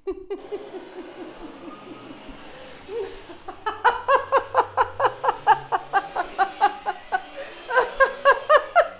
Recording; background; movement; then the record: laughter; traffic; walking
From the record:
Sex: female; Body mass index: 21.8 kg/m2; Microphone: on the chest, facing outward